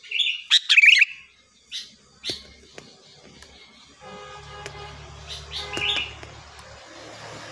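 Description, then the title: Sooty-headed bulbul: a loud bubbly whistled phrase at the outset, then scattered clicks and softer notes over a low hum. "Kutilang"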